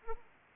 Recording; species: mosquito wingbeat signal from an infrared sensor; Anopheles arabiensis